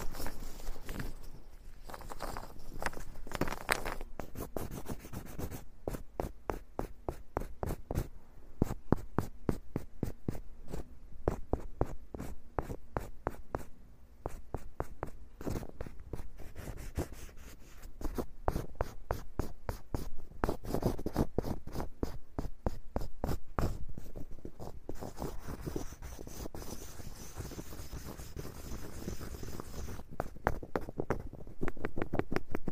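Wood being scraped in a long run of quick, rough strokes, each a short crackly burst reaching from low to bright. The strokes come thick and fast, briefly thinning near the start and around fifteen seconds, with a faint steady hiss underneath.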